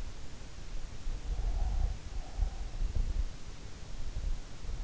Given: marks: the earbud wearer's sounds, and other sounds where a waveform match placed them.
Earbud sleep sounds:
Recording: sounds in sleep by an in-ear microphone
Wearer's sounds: breath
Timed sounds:
1.04-3.11 s: breath

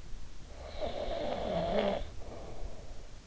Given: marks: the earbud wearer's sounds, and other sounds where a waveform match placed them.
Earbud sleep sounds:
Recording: sounds in sleep by an in-ear microphone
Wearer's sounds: snoring breath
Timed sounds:
0.34-3.24 s: snoring breath

